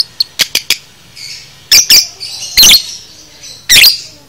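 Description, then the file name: Lovebird giving shrill, high chirps: a few quick clicks, then three loud harsh squawking bursts spaced about a second apart over a faint low hum. Lovebird paud masteran recording, for training cage birds. "masteran lovebird paud"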